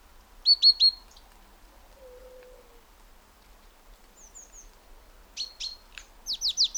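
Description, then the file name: Great tit calls: bursts of three or four bright, high chirps at the start and end, with a faint low whistle between them. "Parus major"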